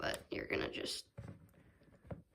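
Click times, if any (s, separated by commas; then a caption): 2.1 s. Someone talks while a plastic washer is pushed down onto the plastic safety eye post of a crocheted toy; the washer does not always make a snap sound and can just go in. A short click at 2.1 s marks the washer pushed home and seated.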